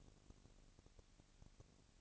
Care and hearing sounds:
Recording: daily activity, microphone in the room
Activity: no activity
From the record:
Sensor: 4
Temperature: 22.4 degrees Celsius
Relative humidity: 31.9%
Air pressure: 997.9 hPa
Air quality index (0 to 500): 203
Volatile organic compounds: 17 ppm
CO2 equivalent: 2570 ppm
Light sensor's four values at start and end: 2/3/1/1 and 2/3/1/1

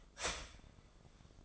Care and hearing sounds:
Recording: daily activity, microphone in the room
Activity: start toaster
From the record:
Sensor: 5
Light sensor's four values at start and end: 34/108/40/41 and 34/108/40/41

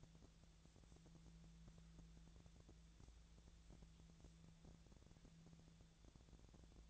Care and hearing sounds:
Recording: daily activity, microphone in the room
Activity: wipe stove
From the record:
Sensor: 3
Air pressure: 1000.4 hPa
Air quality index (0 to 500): 176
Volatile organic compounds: 3 ppm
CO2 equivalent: 1528 ppm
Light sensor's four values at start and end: 14/35/15/15 and 14/34/15/15

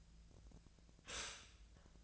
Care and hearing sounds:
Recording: daily activity, microphone in the room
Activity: stop toaster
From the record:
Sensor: 2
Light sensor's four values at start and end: 23/57/24/26 and 23/57/24/26

